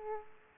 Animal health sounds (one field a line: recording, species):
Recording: mosquito wingbeat signal from an infrared sensor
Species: Aedes aegypti